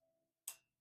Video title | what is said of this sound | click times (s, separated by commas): Archon Type B "Performance trigger" | There you go. You can hear it snap into place. | 0.5 s